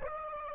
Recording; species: mosquito wingbeat signal from an infrared sensor; Aedes albopictus